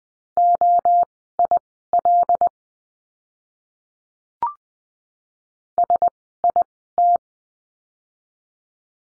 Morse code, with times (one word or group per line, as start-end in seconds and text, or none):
0.4-2.5 OIL
5.8-7.2 SIT